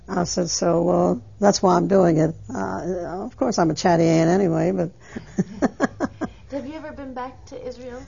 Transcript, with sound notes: I said, "So, uh, that's why I'm doing it." Of course, I'm a chatty Anne anyway. ( she laughs )
Have you ever been back to Israel?